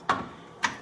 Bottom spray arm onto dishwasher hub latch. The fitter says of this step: and then rotate it you feel it click and then it's locked in place